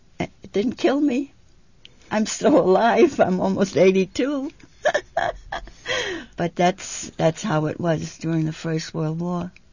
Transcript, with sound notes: It didn't kill me. I'm still alive. I'm almost eighty-two. ( she laughs ) But that's how it was during the First World War.